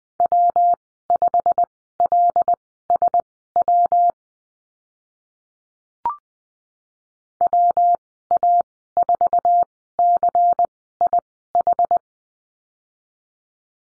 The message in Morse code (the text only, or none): W5LSW WA4CIH